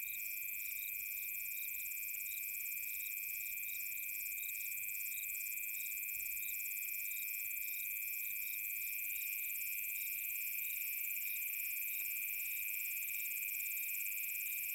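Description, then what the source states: Continuous cricket calling: a steady ringing trill beneath fast repeated chirps and a high, fizzing buzz, with one brief faint click. Summer night.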